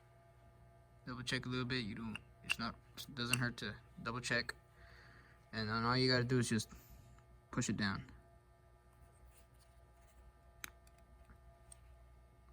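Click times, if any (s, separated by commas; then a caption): 10.6 s. A part is pushed down into a throttle body injection unit during a TBI rebuild while someone talks. After a quiet pause, a sharp click at 10.6 s marks the part seating in place, followed by a few faint ticks.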